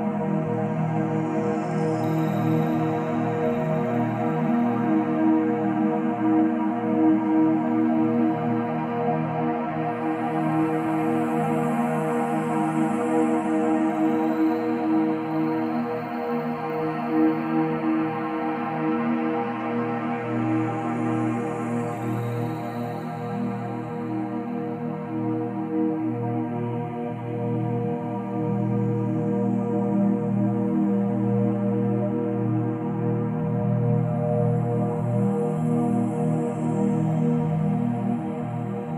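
A 528Hz solfeggio drone holds steady for the whole stretch, a dense stack of sustained low and middle tones that hum and slowly pulse without any break. Faint airy washes drift in and out high above, and the level stays even throughout.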